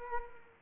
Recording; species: mosquito wingbeat signal from an infrared sensor; Culex quinquefasciatus